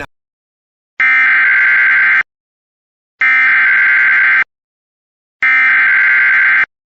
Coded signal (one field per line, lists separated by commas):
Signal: Emergency Alert System (SAME) tones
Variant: header bursts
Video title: EAS Recreation (5/10/25): An SVR Relay with EMNet